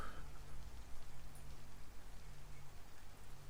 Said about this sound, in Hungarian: Na, közben odakint szakad az eső. Eléggé átázott már a karakter,